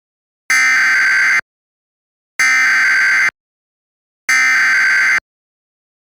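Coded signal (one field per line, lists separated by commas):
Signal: Emergency Alert System (SAME) tones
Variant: header bursts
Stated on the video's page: Fictional EAS scenario with tones made in an EAS encoder program; simulated, not real.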